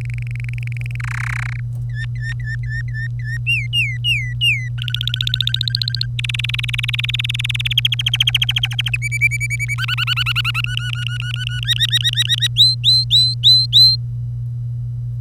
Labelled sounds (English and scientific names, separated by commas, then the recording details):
Domestic Canary (Serinus canaria) song
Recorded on 25 April 2018 at 08:57
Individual llb3